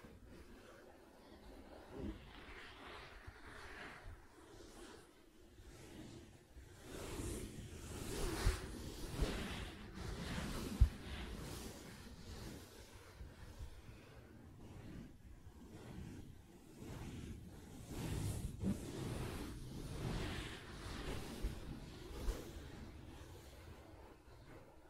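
Soft fabric is scratched and tapped in an irregular rhythm, with bursts of rustling, swishing strokes, busiest between eight and twenty seconds.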